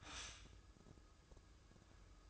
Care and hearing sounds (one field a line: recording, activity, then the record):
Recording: daily activity, microphone in the room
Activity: stop toaster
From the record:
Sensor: 2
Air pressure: 995.1 hPa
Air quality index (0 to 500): 57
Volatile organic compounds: 1 ppm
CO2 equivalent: 938 ppm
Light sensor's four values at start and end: 17/54/21/20 and 17/54/21/20